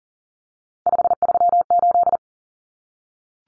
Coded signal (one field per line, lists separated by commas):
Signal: Morse code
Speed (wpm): 40 wpm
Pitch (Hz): 700 Hz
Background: none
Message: 538